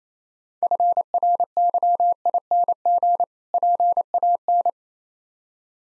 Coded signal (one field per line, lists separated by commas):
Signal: Morse code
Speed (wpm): 27 wpm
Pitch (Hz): 700 Hz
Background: none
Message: FRYING PAN